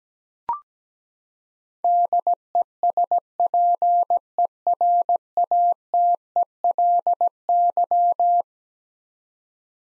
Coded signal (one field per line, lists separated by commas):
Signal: Morse code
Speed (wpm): 17 wpm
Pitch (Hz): 700 Hz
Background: none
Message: DESPERATELY